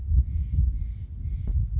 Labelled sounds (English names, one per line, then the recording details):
Steller's Jay
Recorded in Sonoma County, California